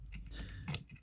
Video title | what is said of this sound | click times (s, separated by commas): Transformers siege war for cybertron ironhide review | Then you can just rotate this around until it snaps into place. | 0.7 s